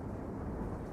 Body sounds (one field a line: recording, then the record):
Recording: background sound without coughing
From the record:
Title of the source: Train Ride Ambience ambient white noise for sleeping, focus, studying, reading